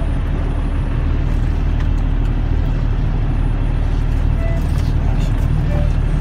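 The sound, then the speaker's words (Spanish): Trucks rumble past on a small road, a loud, steady low engine drone that fills the whole stretch, with faint higher scrapes and brief tonal squeaks over it. “No, se supone que esto no tiene que venir camiones, esto era muy chiquitico.”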